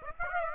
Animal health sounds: mosquito wingbeat signal from an infrared sensor; Aedes aegypti

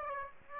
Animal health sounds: mosquito wingbeat signal from an infrared sensor; Aedes aegypti

